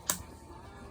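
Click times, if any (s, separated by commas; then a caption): 0.1 s. A retaining part is pushed by hand into the housing of a 1978 GMC steering gear box during a rebuild. A single sharp snap is heard at 0.1 s, followed by quiet low background noise. The part snaps but is not yet fully seated.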